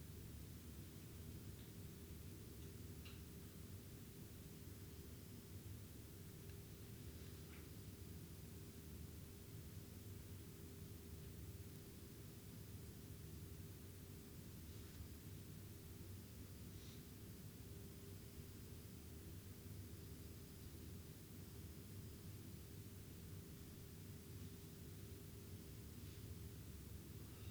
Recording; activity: daily activity, guitar pickup as the sensor; lie down